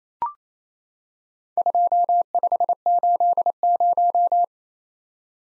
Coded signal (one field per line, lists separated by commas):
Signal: Morse code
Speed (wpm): 28 wpm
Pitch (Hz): 700 Hz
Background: none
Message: 2580